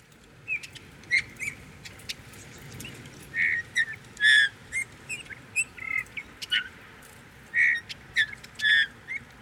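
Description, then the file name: Eurasian bullfinch calling with soft, fairly low whistled notes at irregular intervals, with brief bright chirps and ticks from other birds between them. "Pyrrhula pyrrhula"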